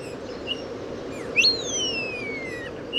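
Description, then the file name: Eurasian bullfinch calls, short soft whistled notes and one long clear whistle sliding slowly downward, over a steady low background hiss. "Pyrrhula pyrrhula"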